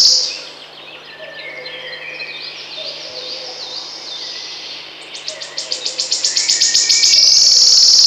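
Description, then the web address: Wood warbler: soft twittering at first, then accelerating high ticks swelling into a loud shivering trill at the end. "Kurs PTTK Przyroda Ptaki Świstunka leśna"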